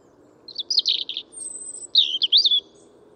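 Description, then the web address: European robin song: two quick warbled phrases of scratchy and sweet notes, separated by a thin high sustained whistle. "Deverinetal 2025 File origin Bird Only Er Ru"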